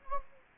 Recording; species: mosquito wingbeat signal from an infrared sensor; Anopheles gambiae